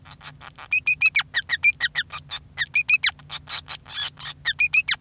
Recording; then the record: song of a male Bengalese finch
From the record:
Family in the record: son of father 5